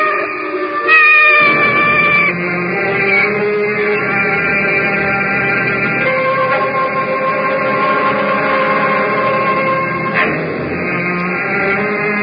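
A cat yowls and caterwauls in long, drawn-out, wavering cries that rise and fall in pitch, loud and nearly continuous for the whole stretch with no talking.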